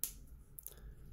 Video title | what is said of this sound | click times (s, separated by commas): 1/100 Master Grade Gundam Sandrock (Endless Waltz) | place on the backpack here snap | 0.0 s